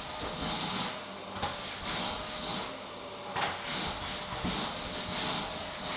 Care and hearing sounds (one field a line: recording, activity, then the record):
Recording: daily activity, microphone in the room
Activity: vacuum cleaning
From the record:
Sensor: 3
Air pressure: 1010.2 hPa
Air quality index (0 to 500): 171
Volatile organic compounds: 10 ppm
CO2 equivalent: 2232 ppm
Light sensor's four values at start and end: 47/116/51/56 and 47/116/50/56